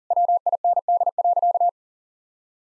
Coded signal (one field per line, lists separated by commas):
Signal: Morse code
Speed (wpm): 40 wpm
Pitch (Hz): 700 Hz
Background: none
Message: WIND.